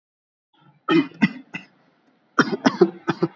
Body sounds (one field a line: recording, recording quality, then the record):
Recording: shallow voluntary cough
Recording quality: excellent, no background noise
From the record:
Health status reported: healthy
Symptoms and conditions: cold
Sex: male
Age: 24 years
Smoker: not ticked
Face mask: not worn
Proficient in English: yes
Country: India